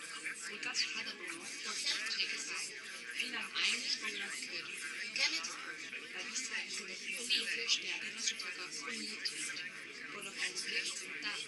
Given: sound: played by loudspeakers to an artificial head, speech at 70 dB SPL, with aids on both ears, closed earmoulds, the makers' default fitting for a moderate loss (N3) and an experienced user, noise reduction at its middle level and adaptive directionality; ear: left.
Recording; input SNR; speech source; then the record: speech test signal (ISTS) in cocktail-party noise; -3 dB; on the right (90 degrees)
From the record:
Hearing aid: class 2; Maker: H